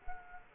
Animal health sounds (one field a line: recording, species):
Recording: mosquito wingbeat signal from an infrared sensor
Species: Culex quinquefasciatus